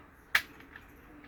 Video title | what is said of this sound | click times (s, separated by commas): Crossman C11 Complete Disassembly and Assembly | Slide her on in here. Now you'll feel it click in. | 0.4 s